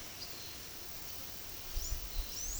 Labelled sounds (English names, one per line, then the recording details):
Palm Tanager
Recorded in secondary vegetation near Puerto Asís, Putumayo, Colombia, on 20 February 2024 at 13:00
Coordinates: 0.500, -76.326
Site G6428